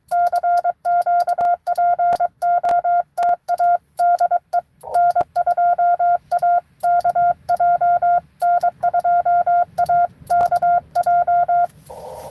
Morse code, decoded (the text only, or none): CQ POTA DE N2AKJ N2AKJ